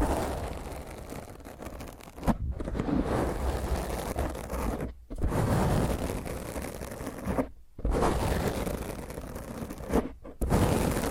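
Rough fingernail scratching on a mic, a dense, grating rasp in long strokes broken by four brief silences near 2, 5, 7.5 and 10 seconds.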